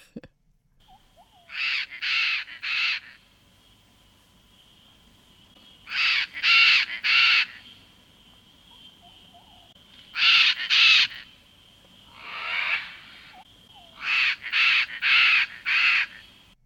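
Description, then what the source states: Chestnut-fronted Macaw squawks: harsh, raspy screeches in bursts of one to four, repeated every few seconds over a faint steady high tone. Call likened to a cat with a hairball; loved for its personality, not its voice.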